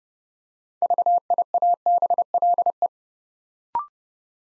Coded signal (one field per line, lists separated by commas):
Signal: Morse code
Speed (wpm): 30 wpm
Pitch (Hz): 700 Hz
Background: none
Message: VIABLE